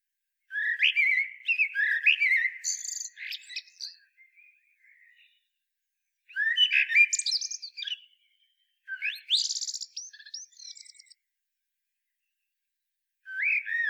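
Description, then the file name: Common blackbird singing repeated phrases, each beginning with rich fluted notes and trailing into scratchy, chattering high twitters, with pauses between. "Turdus merula"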